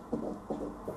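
Fetal heartbeat heard by obstetric ultrasound Doppler, dramatized: at the first official ultrasound, the gynecologist lets the parents hear the baby's heart beating.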